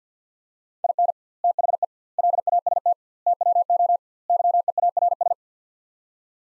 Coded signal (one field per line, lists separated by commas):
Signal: Morse code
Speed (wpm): 50 wpm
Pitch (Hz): 700 Hz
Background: none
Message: IN THE LAST TWO YEARS